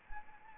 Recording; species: mosquito wingbeat signal from an infrared sensor; Anopheles arabiensis